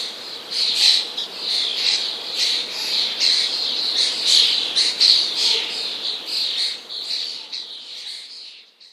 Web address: wroblowe ptaki szpak